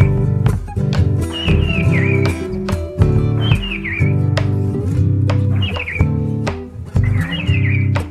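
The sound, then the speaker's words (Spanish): A striped cuckoo's (crespín) clear whistled song repeats four times at a steady pace, each short rising-and-falling phrase riding over loud instrumental music with strong percussive beats. “Nuestro Crespín, Miles Crespín, que lo invitaron a formar una banda de jazz, pero él volvió a su malambo.”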